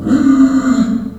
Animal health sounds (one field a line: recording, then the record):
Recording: squeal of a Yucatan mini pig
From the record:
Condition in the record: after surgery on the right vocal fold (resection and tissue-engineered implant)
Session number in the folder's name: 5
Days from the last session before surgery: 33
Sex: female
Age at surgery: 19 weeks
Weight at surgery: 25 kg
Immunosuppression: prednisolone